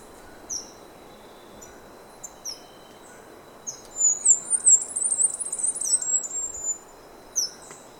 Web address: Natures Songs S America Birds of Ecuador